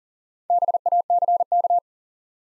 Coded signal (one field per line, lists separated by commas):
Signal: Morse code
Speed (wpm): 39 wpm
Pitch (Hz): 700 Hz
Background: none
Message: BACK